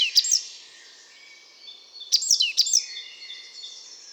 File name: Parus major